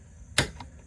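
The two-stage latch of a Lotus Evora front access panel is worked slowly by hand during a panel adjustment, giving a sharp click at 0.4 s as it reaches its first detent, followed by a fainter tick around 0.6 s. Only the first stage has engaged; the latch has not gone on to its second, further-down stage.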